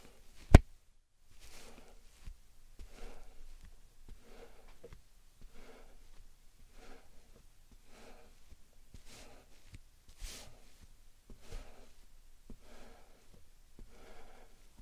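Soft, squishy slime and sand sounds repeat in short bursts roughly every second, each a brief crackly wet squelch. A sharp click or tap stands out near the start, and a few small thumps land in between. Otherwise it stays quiet and low in level.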